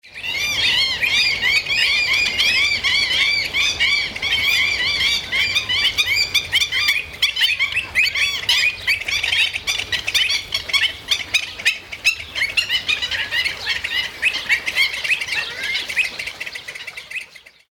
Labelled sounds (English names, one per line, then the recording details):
Black-winged Stilt
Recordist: Tembrock, Günter
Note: Rufe im Flug